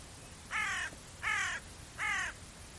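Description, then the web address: Bird giving three harsh, hoarse caws, evenly spaced about three quarters of a second apart, over faint background hiss. "Deverinetal 2025. Bird Only"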